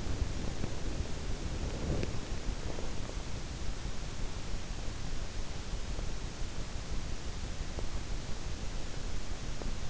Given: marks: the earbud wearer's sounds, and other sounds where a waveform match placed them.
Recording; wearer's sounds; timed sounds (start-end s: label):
sounds in sleep by an in-ear microphone; teeth grinding, body movement
0.00-0.36 s: teeth grinding
0.36-3.04 s: body movement